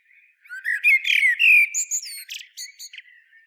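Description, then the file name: Common blackbird singing one phrase: mellow, fluty low whistles sliding into a burst of high, squeaky twittering notes, then fading quiet. "Turdus merula"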